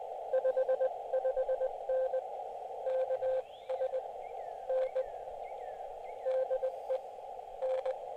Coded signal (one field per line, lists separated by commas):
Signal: Morse code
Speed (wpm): 20 wpm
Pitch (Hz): 520 Hz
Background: radio noise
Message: 55N KS N DE N